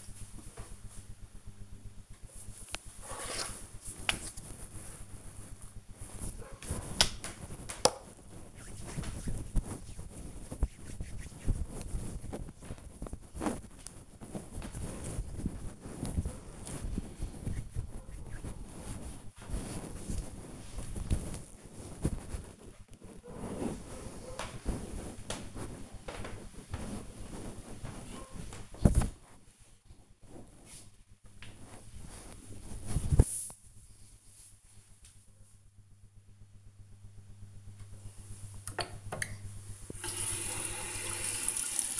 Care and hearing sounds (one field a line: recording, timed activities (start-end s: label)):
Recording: household activities, microphone on the right wrist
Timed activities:
2.10-21.16 s: cream hands
37.23-42.00 s: washing hands